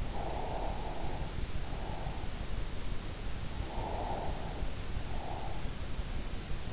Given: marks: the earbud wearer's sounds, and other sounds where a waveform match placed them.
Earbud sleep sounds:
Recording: sounds in sleep by an in-ear microphone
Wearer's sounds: breath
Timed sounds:
0.17-2.23 s: breath
3.82-5.53 s: breath

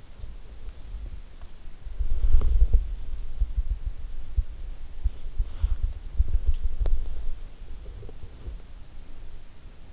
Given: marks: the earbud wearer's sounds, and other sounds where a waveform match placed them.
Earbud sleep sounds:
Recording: sounds in sleep by an in-ear microphone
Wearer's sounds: body movement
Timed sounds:
0.00-9.85 s: body movement

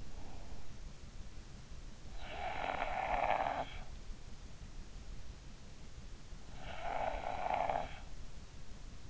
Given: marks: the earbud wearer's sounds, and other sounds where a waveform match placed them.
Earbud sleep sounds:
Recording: sounds in sleep by an in-ear microphone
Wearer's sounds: breath, snoring breath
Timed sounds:
0.00-1.99 s: breath
1.99-8.38 s: snoring breath

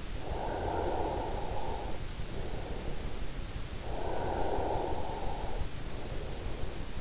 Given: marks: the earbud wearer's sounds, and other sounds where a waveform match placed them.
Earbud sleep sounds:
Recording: sounds in sleep by an in-ear microphone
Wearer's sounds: breath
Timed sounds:
0.37-7.01 s: breath

